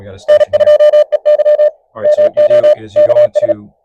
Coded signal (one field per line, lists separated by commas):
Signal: Morse code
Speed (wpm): 34 wpm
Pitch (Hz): 600 Hz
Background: speech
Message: N2EY MO KS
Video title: Unlock Peak Performance: Elecraft KX2 CW Settings For CW POTA/SOTA Hunting